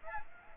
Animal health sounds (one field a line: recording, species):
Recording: mosquito wingbeat signal from an infrared sensor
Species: Aedes aegypti